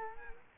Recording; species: mosquito wingbeat signal from an infrared sensor; Culex quinquefasciatus